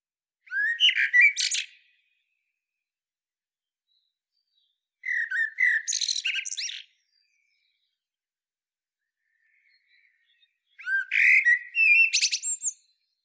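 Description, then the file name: Common blackbird song in three separate bursts, each a short run of fluty low whistles followed by thin, scratchy high chatter, with quiet gaps between. "Turdus merula"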